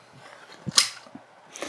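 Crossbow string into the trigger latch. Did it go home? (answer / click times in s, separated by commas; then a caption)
yes / 0.8 s. With a foot in the stirrup and the Hori-Zone Bedlam compound crossbow resting on the ground, the cocking-device handles are pulled to draw the string back into the trigger latch. A low thump is followed by a sharp, bright click at 0.8 s, then a few faint knocks and a brief rattle near the end. The string latches into the trigger mechanism and the crossbow is cocked.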